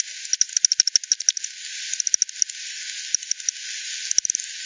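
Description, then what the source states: Bats ticking in rapid clicking sequences, evenly spaced runs broken by short pauses, with steady background hiss throughout. Multiple bats, Hogsmill River at Hogsmill Lane, 7 October 2020, 18:10; frequency-divided by ten, band-pass filtered and resampled.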